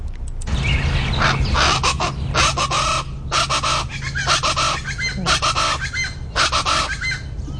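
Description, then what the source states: Plain Chachalaca chorus: loud, harsh, rhythmic raucous calls from several birds overlapping in repeated bursts, with a steady low hum underneath. Group chorus of two or three birds; species calls often before sunrise in noisy groups of 8 to 12 or more, all joining in, likened to an alarm clock.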